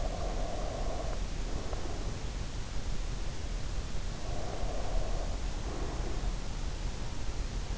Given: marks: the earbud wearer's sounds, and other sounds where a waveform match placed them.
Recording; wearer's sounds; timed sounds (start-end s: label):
sounds in sleep by an in-ear microphone; breath
0.00-2.65 s: breath
4.50-6.80 s: breath